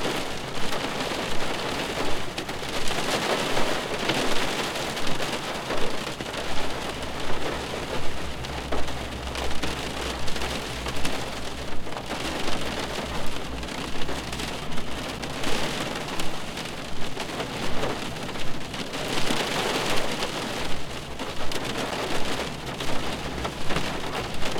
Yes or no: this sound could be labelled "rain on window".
yes